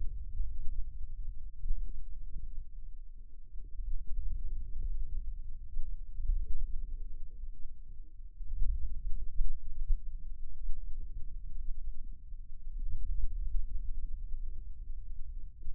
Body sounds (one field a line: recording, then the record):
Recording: forearm muscle sounds (acoustic myography)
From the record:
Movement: wrist extension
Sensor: system 2, bracelet of six BSWA MPA416 microphones around the upper forearm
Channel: 1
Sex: male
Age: 22 years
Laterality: right